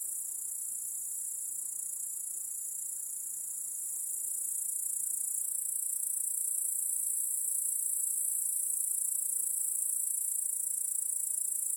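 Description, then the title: High, continuous cricket chirping from many insects, a steady metallic trill that grows slightly louder partway through. Crickets chorusing in a backyard at night. "Crickets in Your Backyard 🏡. Discovering the Sounds of Home"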